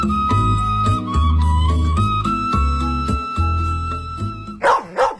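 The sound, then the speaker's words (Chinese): In a 2018 Beijing music radio advert for Wuliangye Year of the Dog zodiac liquor, upbeat music with steady sustained tones plays, then gives way at the end to two or three sharp, loud dog barks in quick succession. “狗年送金狗酒，狗年旺旺旺。”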